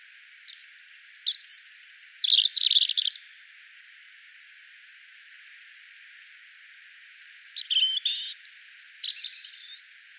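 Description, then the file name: European robin delivering two short song phrases of pure high whistles mixed with jumbled notes, with a long silent gap between. "Erithacus rubecula"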